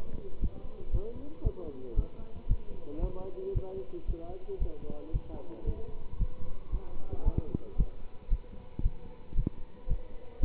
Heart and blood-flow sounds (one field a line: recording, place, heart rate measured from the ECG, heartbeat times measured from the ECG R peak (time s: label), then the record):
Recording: heart sounds by stethoscope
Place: between the tricuspid and mitral areas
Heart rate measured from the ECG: 114 bpm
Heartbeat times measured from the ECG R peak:
0.40 s: heartbeat
0.91 s: heartbeat
1.43 s: heartbeat
1.95 s: heartbeat
2.47 s: heartbeat
3.00 s: heartbeat
3.53 s: heartbeat
4.06 s: heartbeat
4.58 s: heartbeat
5.12 s: heartbeat
5.65 s: heartbeat
6.17 s: heartbeat
6.70 s: heartbeat
7.23 s: heartbeat
7.76 s: heartbeat
8.29 s: heartbeat
8.82 s: heartbeat
9.34 s: heartbeat
9.87 s: heartbeat
10.40 s: heartbeat
From the record:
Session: pedaling a stationary bicycle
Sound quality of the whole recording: good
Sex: male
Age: 27 years